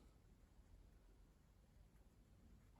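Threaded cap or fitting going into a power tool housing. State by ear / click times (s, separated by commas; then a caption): not seated / none. A threaded cap or fitting that was cross-threaded in a power tool housing is turned backwards by hand to line up the start of the thread. Only a quiet, steady low rumble and faint hiss are heard, with no distinct sounds. Nothing has seated or clicked yet.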